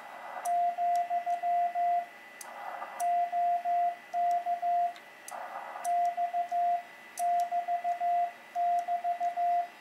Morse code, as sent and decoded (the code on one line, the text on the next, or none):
--..-- / --- -.- / -..- -...- -...-
, OK X<BT><BT>